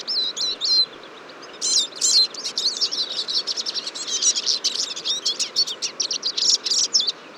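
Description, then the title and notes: Eurasian siskins chattering as a flock: a few chirps, then a steady stream of high twittering notes and short whistles to the end. Large flock at a feeder on a February morning, 23 February 2014, Fourcinet, Drôme, France; recorded with a Nagra Seven and a Telinga P7 parabola. "Fourcinet - Drôme. Tarin des aulnes (Carduelis spinus)"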